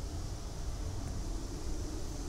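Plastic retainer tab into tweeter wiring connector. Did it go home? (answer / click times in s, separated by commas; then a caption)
no / none. A white plastic terminal-retainer tab is pressed back into a tweeter wiring connector for Subaru Kicker tweeters being installed in a 2nd Gen Tacoma, with a thumbnail on each ridge. Only a steady low rumble and broadband hiss are heard, with no sudden sounds. This tab did not click, although the others did and it sits flush.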